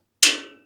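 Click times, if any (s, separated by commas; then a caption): 0.2 s. A grill component being assembled onto a Weber EP-425 gas grill is pushed into a mounting hole in the grill frame and snaps into place at 0.2 seconds. A single loud, sharp snap rings out bright and high, then fades over about half a second, and the part is seated.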